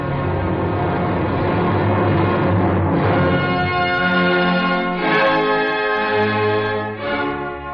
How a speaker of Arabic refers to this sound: لا تسمعه يا تنكان، فهو ناقوس يستدعيك إلى السماء أو إلى جهنم